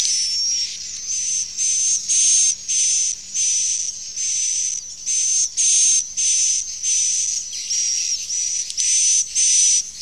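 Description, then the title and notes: Swiftlet calls in short buzzy high bursts, each carrying a thin whistled tone, repeated quickly with brief gaps between them. Swiftlet sound used in swiftlet farming in Asia. "Swiflet Bird Sound. Farming Swiflet Bird asia sound"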